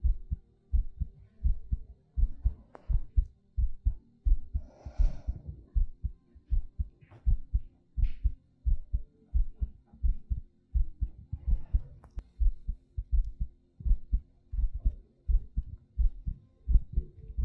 ASMR Heartbeat Breathing.